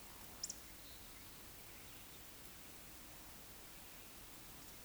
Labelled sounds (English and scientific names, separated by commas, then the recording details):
Eurasian Woodcock (Scolopax rusticola) whistle
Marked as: whistle, whistle
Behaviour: display flight
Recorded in Baden-Württemberg, Germany, on 16 June 2021 at 19:47 UTC
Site 20675, 466 m above sea level